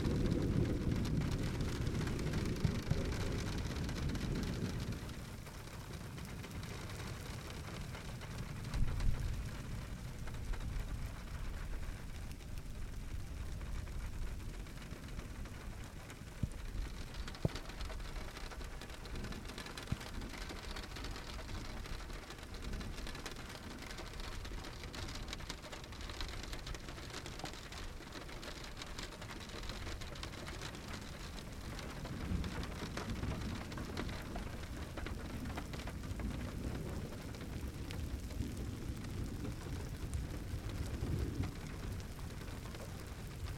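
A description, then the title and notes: A summer thunderstorm: steady dense rain patters throughout, with a heavy low rumble in the first five seconds, then quieter, with occasional sharp drips. Geophony: Summer Thunderstorm - Carroqueiro, Idanha-a-Nova, Portugal. Soundscapes by Filipe Faria, coming from Idanha-a-Nova.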